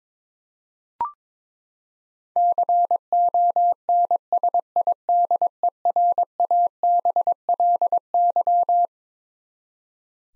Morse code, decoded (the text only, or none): CONSIDERABLY